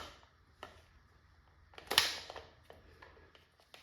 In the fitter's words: Pin is popped, nice click,